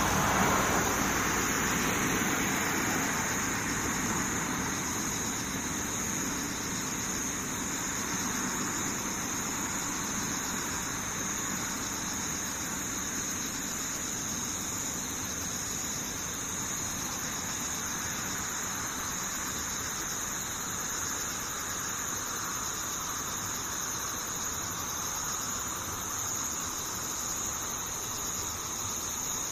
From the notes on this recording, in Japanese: ムシ